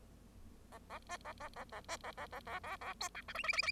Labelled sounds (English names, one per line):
Bengalese Finch song